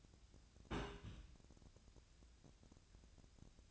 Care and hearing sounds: daily activity, microphone in the room; place on stove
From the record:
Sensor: 2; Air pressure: 1009.8 hPa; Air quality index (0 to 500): 181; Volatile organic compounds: 10 ppm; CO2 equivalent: 2264 ppm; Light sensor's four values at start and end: 30/74/32/35 and 30/74/31/35

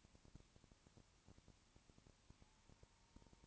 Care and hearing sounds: daily activity, microphone in the room; no activity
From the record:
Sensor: 1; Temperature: 19.2 degrees Celsius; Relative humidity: 37.8%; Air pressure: 1001.1 hPa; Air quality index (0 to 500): 198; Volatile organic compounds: 7 ppm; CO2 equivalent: 1994 ppm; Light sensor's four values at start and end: 1/2/1/1 and 1/2/1/1

